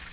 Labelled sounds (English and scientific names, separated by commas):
Nashville Warbler (Leiothlypis ruficapilla) flight call